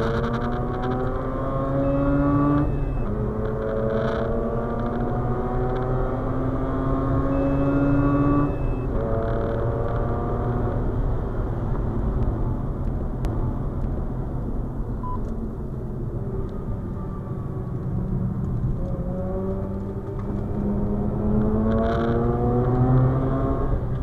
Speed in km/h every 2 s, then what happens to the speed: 91, 103, 116, 127, 138, 133, 89, 65, 55, 65, 78, 80.
0-7 speeds up to 138. 10-15 brakes to 55. 15-21 speeds up to 80.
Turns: 17-21.